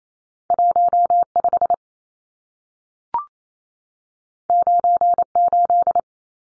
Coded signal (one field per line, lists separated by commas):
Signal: Morse code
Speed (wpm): 28 wpm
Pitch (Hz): 700 Hz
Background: none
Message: 15 98